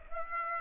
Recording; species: mosquito wingbeat signal from an infrared sensor; Aedes aegypti